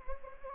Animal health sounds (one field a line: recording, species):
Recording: mosquito wingbeat signal from an infrared sensor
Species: Anopheles gambiae